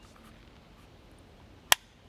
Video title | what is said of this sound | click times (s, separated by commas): Israeli IMI Galil 5.56mm Rifle | all right and once you get that popped into place now all you have to do to seat | 1.7 s